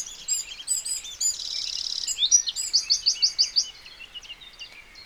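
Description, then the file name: Eurasian wren song: a fast, high jumble of sharp notes with a rattling trill in the middle and a run of rapidly repeated notes near the end. "Troglodytes troglodytes"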